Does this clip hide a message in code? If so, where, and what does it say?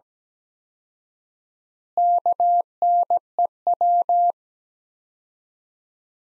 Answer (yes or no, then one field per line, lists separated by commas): yes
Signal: Morse code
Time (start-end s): 2.0-4.3 s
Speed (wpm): 17 wpm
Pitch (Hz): 700 Hz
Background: none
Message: KNEW